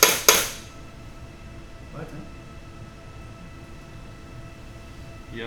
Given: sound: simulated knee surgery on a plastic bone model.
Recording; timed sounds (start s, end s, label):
surgical tools on bone
0.03	0.03	chisel strike
0.29	0.29	chisel strike